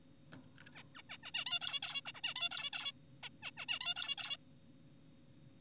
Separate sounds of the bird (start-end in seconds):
0.75-0.83, 0.95-1.02, 1.10-1.18, 1.23-1.31, 1.34-1.45, 1.46-1.59, 1.62-1.80, 1.83-2.01, 2.06-2.12, 2.15-2.21, 2.24-2.34, 2.36-2.49, 2.51-2.71, 2.73-2.92, 3.23-3.29, 3.43-3.51, 3.57-3.66, 3.69-3.79, 3.81-3.94, 3.96-4.16, 4.18-4.37